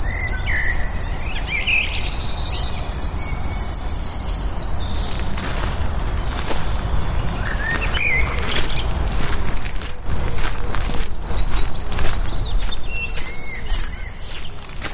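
A walk in the woods with a dog, with many birds singing. Bright, rapid chirps and trills repeat through most of the fifteen seconds, thickest at the start and end, over a steady low rumble with scattered soft clicks and rustles.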